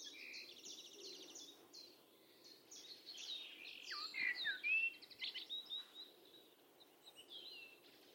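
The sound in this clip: Bird calls in a busy stream of high chirps and trills, peaking with a few sharper whistled notes midway through.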